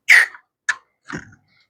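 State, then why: Seated. A butane gas canister is fitted into a portable camping stove and pressed into its lock. After a brief hissy scrape, a sharp click at 0.7 s marks the canister locking into place, followed by a softer, duller knock near 1.1 s. The canister is seated and locked in the stove.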